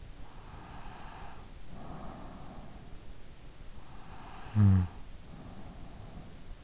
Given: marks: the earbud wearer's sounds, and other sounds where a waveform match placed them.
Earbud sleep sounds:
sounds in sleep by an in-ear microphone; breath, snoring breath
0.25-3.03 s: breath
4.03-6.36 s: snoring breath

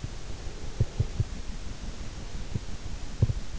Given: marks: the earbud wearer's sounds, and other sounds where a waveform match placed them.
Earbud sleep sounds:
sounds in sleep by an in-ear microphone; breath
0.41-3.08 s: breath

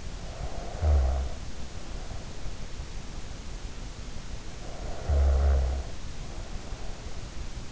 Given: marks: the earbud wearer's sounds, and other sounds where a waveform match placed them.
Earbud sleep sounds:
sounds in sleep by an in-ear microphone; snoring breath
0.00-2.45 s: snoring breath
4.51-7.14 s: snoring breath

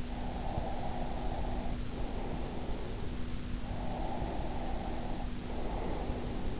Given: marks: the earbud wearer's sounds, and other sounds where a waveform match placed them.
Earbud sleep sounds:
sounds in sleep by an in-ear microphone; breath
0.02-3.36 s: breath
3.69-6.60 s: breath

